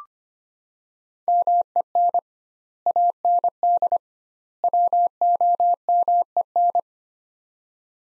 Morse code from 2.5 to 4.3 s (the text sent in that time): AND